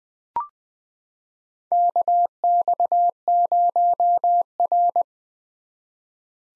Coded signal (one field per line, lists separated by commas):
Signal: Morse code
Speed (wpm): 20 wpm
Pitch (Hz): 700 Hz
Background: none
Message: KX0R